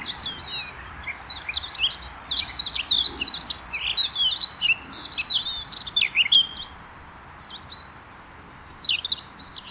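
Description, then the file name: Eurasian blackcap giving a fast, scratchy warble of varied high chirps and twitters, pausing briefly after six seconds, then a few more notes near the end. "Sylvia atricapilla"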